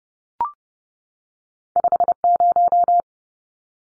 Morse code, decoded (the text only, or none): 50